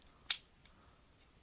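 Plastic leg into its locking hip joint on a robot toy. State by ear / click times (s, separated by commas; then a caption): seated / 0.3 s. A plastic leg on a Transformers Masterpiece MP-24 Star Saber robot toy is pulled out until it locks into its locking hip joint. A single sharp snap is heard at 0.3 s, followed by quieter faint ticks. The leg locks into place.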